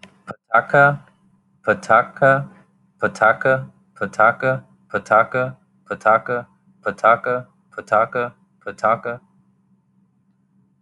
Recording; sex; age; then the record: repeated syllables /pa ta ka/; male; 30 to 39 years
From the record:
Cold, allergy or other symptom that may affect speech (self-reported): no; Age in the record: 37 years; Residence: Texas, United States